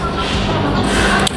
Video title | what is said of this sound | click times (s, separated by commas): Review & Test Mollar HPW800 Mesin Jet Cleaner Steam Alat Cuci Motor Mobil 800 Watt | pasang kalau sudah bunyi klik dan tidak goyang berarti itu udah pas banget posisinya ya | 1.3 s